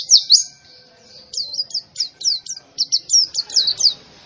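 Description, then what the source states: White-eye song of high, clipped chirps and short downward-sweeping whistles: an opening burst, a brief pause, then quick phrases. Young bird, described as in full, vigorous song.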